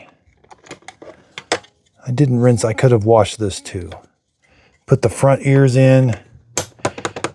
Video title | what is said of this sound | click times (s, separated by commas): How to Clean & Maintain the Ecovacs T50 Robot Vacuum | Push down. You should hear both of them click. Brush is on. We're good. | 6.6 s, 7.1 s